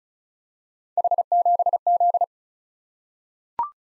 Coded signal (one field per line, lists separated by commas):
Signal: Morse code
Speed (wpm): 36 wpm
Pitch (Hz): 700 Hz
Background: none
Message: H7Z